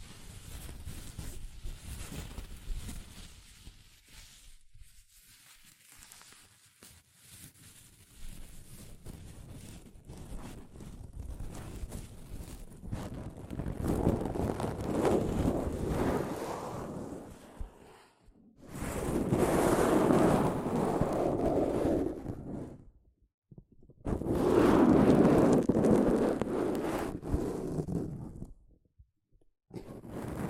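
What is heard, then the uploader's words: Soft fabric brushes against a microphone in uneven strokes, starting as a low, muffled rustle with scattered scratchy flicks. Around 14 seconds the rubbing grows louder and fuller, then comes in two dense bursts near 19–23 and 24–28 seconds, separated by brief near-silences. ASMR Mic Brushing using Soft Fabric (No Talking).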